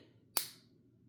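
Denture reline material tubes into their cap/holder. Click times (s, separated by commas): 0.4 s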